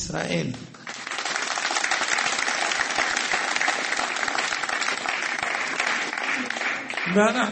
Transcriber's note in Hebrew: מחיאות כפיים